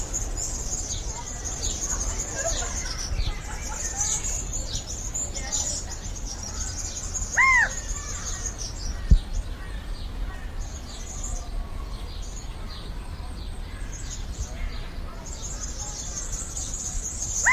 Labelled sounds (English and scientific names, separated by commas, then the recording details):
California Quail (Callipepla californica) call
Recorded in captivity
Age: adult
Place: Zoo Berlin, Berlin, DE
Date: 2007-06-07 16:00
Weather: leicht bedeckt, ca. 30°C
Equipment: Sony WM-D6C, Sennheiser ME 80
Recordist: Tembrock, Günter
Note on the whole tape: Rufe. Aufnahme als Original auf Kassette